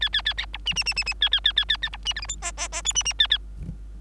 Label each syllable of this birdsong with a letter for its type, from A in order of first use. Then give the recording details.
A A A B C C C C C A A A A A A B C D E F G G G H C C A A. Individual Bird3